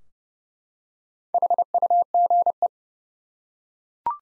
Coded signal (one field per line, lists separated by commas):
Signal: Morse code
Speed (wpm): 30 wpm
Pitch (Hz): 700 Hz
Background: none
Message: HUGE